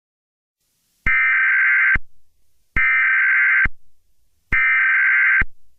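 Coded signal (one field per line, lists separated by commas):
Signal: Emergency Alert System (SAME) tones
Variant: header bursts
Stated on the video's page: Simulated EAS alert, a fictional fire weather outbreak scenario.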